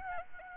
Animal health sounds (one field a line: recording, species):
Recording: mosquito wingbeat signal from an infrared sensor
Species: Aedes albopictus